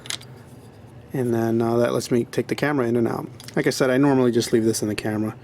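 A small catch on a tripod head is pressed and the camera's quick-release plate slides out of the mount, with sharp clicks at about 0.1 s. The plate pops out and is released, then someone talks for the rest of the clip.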